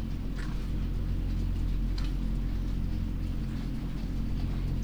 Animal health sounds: poultry house recording; sick chickens (respiratory disease)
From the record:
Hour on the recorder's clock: 22

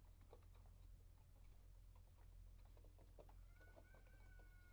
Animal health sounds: poultry house recording; healthy chickens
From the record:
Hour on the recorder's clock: 1

